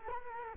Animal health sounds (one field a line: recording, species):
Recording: mosquito wingbeat signal from an infrared sensor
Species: Culex quinquefasciatus